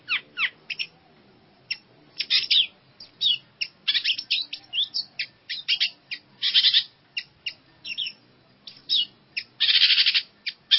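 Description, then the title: Long-tailed shrike delivering a rapid jumble of scratchy chirps and rasping bursts, the notes crowded and uneven, with a long harsh grating note near the end. "Kicau Burung Pentet"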